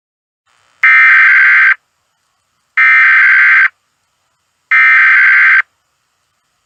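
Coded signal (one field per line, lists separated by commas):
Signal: Emergency Alert System (SAME) tones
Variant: header bursts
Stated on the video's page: Fictional prank EAS scenario; the tones are said to be probably valid.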